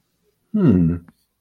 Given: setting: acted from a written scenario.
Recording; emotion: vocal sound without words; interest